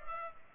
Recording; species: mosquito wingbeat signal from an infrared sensor; Culex pipiens